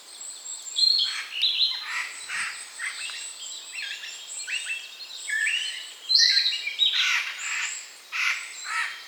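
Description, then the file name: Eurasian jay producing a busy run of rasping, scratchy notes mixed with short whistles and chatter, fairly continuous and irregular throughout. "Garrulus glandarius"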